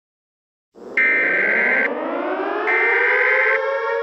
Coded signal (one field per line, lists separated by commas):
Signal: Emergency Alert System (SAME) tones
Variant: header bursts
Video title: EAS SCENARIO 29: Kiara E.X.E